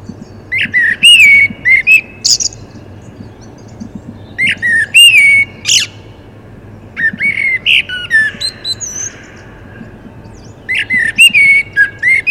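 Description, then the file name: Common blackbird singing four leisurely phrases, each starting with low, mellow fluted notes and ending in sharp, high-pitched chattering twitters. "Turdus merula"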